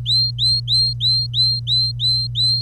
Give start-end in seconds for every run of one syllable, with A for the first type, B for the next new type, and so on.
0.06-2.62 A